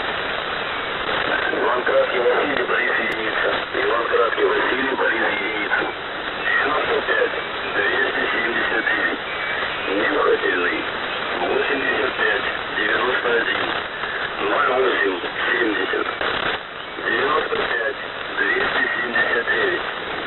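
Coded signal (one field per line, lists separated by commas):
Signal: coded military voice message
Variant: The Pip, Russian voice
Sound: muffled male voice reading a message through heavy shortwave static and fading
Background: radio static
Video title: The Pip | 17th August 2023 | Monolith Voice Message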